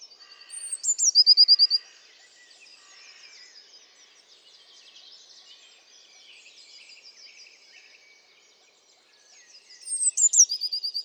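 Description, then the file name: Eurasian blue tit song: two phrases about nine seconds apart, each with thin high notes running into a fast, even trill. Quieter twittering continues between them. "Cyanistes caeruleus"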